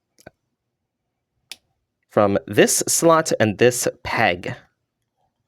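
A gray plastic panel of a transforming robot toy is pulled off its slot and peg on the toy body, with faint small clicks at 0.2 and 0.3 seconds before the panel pops free with a sharp click at 1.5 seconds. Someone then talks, and the piece is released.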